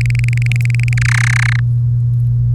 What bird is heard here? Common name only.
Domestic Canary